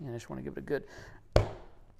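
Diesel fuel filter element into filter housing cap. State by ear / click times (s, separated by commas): seated / 1.4 s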